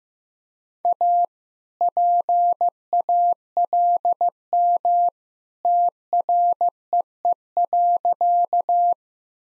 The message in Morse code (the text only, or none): A PALM TREE.